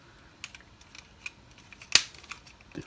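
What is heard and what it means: A plastic tread tab on a Mastermind Creations R19 Kultur transforming robot figure is pushed into the tip of the toe on both sides. Several light plastic taps and ticks lead up to a sharp, bright snap at 1.9 s as the tab seats, followed by a few softer handling clicks.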